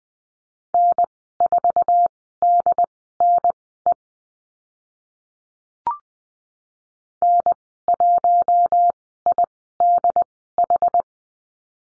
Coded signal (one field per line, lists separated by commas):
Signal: Morse code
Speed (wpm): 20 wpm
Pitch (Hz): 700 Hz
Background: none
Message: N4DNE N1IDH